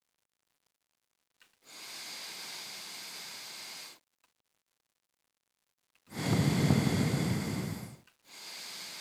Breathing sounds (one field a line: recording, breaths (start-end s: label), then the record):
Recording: nose breathing near a microphone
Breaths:
1.43-4.13 s: inhalation
5.93-8.08 s: exhalation
8.08-9.01 s: inhalation
From the record:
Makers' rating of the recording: medium